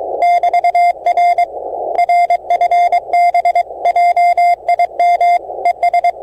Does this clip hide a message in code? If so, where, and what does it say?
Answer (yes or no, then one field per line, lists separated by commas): yes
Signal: Morse code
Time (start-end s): 0.2-6.1 s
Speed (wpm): 24 wpm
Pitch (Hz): 700 Hz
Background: radio noise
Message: <BT>R RFB JIM ES